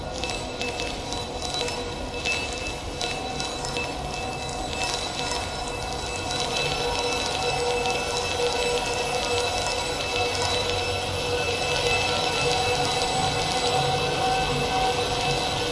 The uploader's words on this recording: Made from around 20 seconds of a contact microphone recording of chinese metal Baoding balls, heavily processed and repeated, remixed in Reaper.